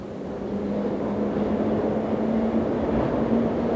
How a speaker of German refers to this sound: Yes, Danny. The London Underground. Unsere Untergrundbahn.